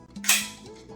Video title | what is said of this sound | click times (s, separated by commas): 335 Aqua Marina Aircat wheel installation | flip the wheel up, locks in place, up, out of the way. | 0.3 s